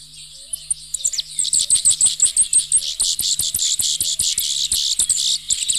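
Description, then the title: Grassland yellow finch song that begins with a few thin chirps, then builds into a fast, high, buzzy stream of repeated notes, with a soft low hum underneath. Common in the Bahía Blanca area, Argentina; courtship flights in breeding season; flocks with undulating flight over fields outside breeding season. "Museo de Ciencias de Bahía Blanca. Misto"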